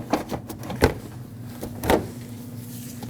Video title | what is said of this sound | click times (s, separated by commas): How to Replace Fan Shroud 2009-2010 Dodge Ram 1500 | Lock both of the tabs in. | 0.8 s, 1.9 s